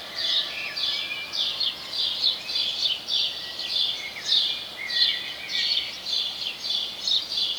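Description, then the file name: House sparrow chirps repeated in quick succession, with a few softer lower whistled notes mixed in among them, over steady background noise. "Passer domesticus"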